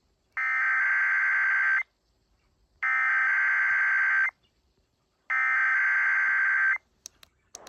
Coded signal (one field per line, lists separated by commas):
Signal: Emergency Alert System (SAME) tones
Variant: header bursts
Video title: KDBB/KFMO (104.3FM/1240AM) Required Weekly Test. 4/14/25. EAS #321-322